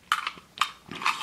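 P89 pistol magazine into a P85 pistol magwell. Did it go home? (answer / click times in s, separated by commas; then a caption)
yes / 0.1 s. A steel P89 magazine is pushed into the grip of a P85 pistol and latches home with a sharp click at 0.1 s, showing it fits and seats properly. Further sharp metallic clicks and knocks follow around 0.3, 0.6, 0.9 and 1.1 seconds.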